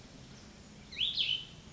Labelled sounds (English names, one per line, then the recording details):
Cassin's Vireo
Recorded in Sonoma County, California